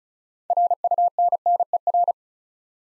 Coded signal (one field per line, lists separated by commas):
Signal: Morse code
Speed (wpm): 36 wpm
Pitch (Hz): 700 Hz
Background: none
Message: RUNNER